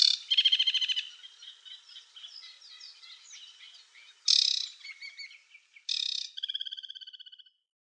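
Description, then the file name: Aquatic warbler song: loud buzzy rattling bursts alternating with quieter scratchy chattering phrases, ending in a repeated stuttering trill. "WODNICZKA"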